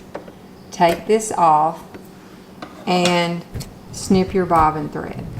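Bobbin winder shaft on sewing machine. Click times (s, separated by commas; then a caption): 0.2 s. On a Brother SQ9285 sewing machine, the bobbin winder shaft is pushed back away from the stopper after the full bobbin stops, and it clicks into place at 0.2 s, releasing the winder so the bobbin can be removed. Someone talks through the rest of the clip, with another brief tap at about 2.6 s.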